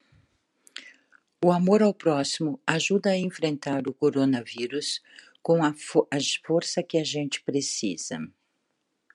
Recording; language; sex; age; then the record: spoken sentence; Brazilian Portuguese; female; 60 to 69 years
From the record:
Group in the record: control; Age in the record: 61 years